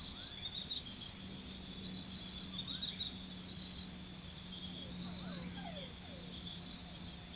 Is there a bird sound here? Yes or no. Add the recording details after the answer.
no. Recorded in forest near Pivijay, Magdalena, Colombia, on 14 April 2023 at 00:00. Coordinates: 10.467, -74.380. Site Z5-G034